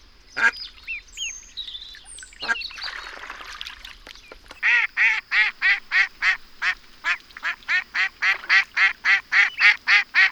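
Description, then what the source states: Duck quacking in a rapid, regular series of nasal calls, three to four per second, after a few high ducklings' peeps and a rustling noise at the start. Mother duck with her ducklings.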